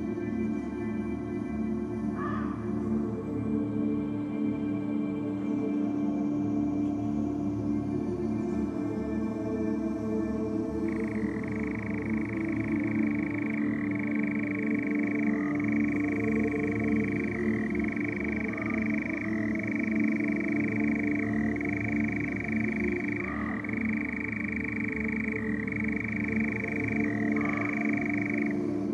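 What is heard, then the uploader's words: A nightjar's churring runs steadily over a dense, low, unbroken night hum. From about eleven seconds a higher trilling tone joins, pulsing in regular stretches. A few short barks cut in near the start and again late in the recording. A summer nocturne, with the strange eldrich churring of a nightjar, and a couple of muntjaks barking into the darkness.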